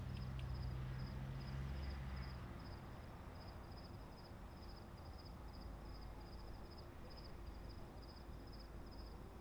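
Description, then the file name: Cricket chirping in steady high pulses over a broad hiss, with a low vehicle rumble fading in the first few seconds. Crickets heard at night in the northwest while a pickup truck passes. "Caminhonete passando no noroeste a noite com grilos"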